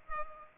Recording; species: mosquito wingbeat signal from an infrared sensor; Culex pipiens